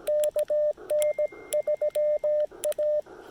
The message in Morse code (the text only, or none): KN3A